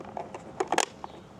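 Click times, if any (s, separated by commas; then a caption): 0.8 s. A plastic puck mount cover is pressed onto a Permtrack mount for Govee permanent outdoor lights at a roof peak. A few faint ticks and rustles lead into a cluster of sharp plastic clicks, with the loudest snap at 0.8 s and a small tick after. The cover snaps on and is clipped in place.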